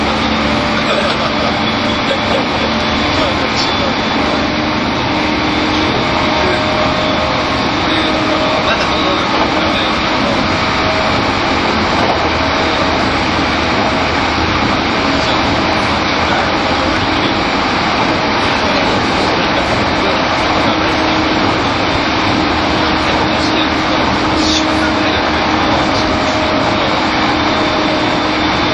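An E231 series Shonan-Shinjuku Line special rapid train rolls on with a steady, dense rumble and hiss that barely changes for the full half minute. Faint tones hum beneath it, and a few brief clicks and squeaks surface around the middle and near twenty-five seconds.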